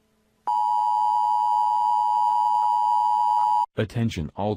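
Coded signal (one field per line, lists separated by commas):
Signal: Emergency Alert System (SAME) tones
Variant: 853 and 960 Hz attention tone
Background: speech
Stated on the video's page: Fictional alert for a chat information service.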